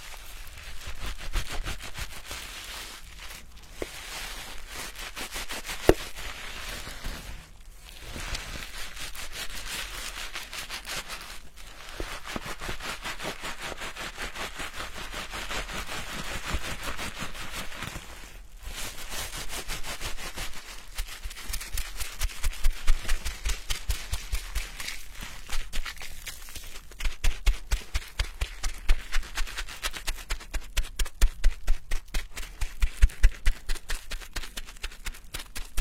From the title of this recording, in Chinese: 沉浸式洗头体验 & 头皮按摩